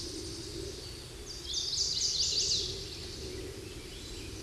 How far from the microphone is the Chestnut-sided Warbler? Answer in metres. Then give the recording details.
about 10 m. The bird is about level with the microphone. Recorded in a Pennsylvania forest on 16 May 2024 at 09:00. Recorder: AudioMoth, point MSD-2007. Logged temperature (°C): 16.1 °C. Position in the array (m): 35 m, 30 m